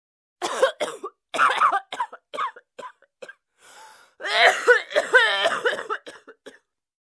Adult Woman Severe Coughing.